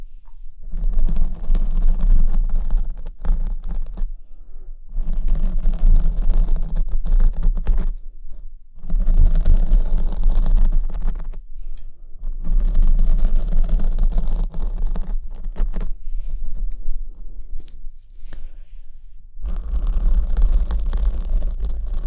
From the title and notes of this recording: Tingly Mic Scratching.